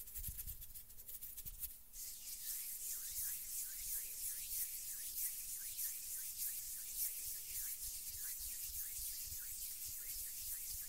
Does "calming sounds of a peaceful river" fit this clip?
no